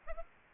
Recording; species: mosquito wingbeat signal from an infrared sensor; Aedes aegypti